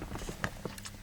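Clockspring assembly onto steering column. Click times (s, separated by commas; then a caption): 0.4 s. A replacement clockspring assembly for a Hyundai Azera is pushed onto the steering column until its three plastic clips snap into place. Faint knocks and handling sounds run through the clip, and one sharp click stands out at 0.4 s as the assembly seats. No speech is heard.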